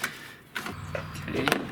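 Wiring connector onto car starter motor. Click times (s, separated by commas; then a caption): 0.6 s. A wiring connector is pushed onto the starter motor of a 2000 Audi TT (Gen1) during reinstallation, and it clicks into place with a sharp snap at 0.6 s. Fainter knocks follow, and someone talks.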